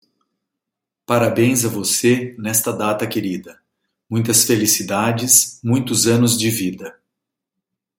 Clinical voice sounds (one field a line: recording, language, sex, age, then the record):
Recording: short text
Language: Brazilian Portuguese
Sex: male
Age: 50 to 59 years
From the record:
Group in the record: control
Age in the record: 52 years